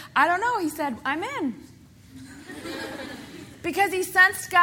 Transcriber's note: laughter